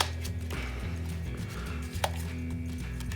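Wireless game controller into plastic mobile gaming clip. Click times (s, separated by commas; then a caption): 2.0 s. A wireless game controller is tipped top edge first into a plastic mobile gaming clip, and its bottom is pushed down over a steady low background hum. A sharp click at 2.0 s marks the controller snapping and locking into the clip. It ends up seated, with a small gap left at the bottom.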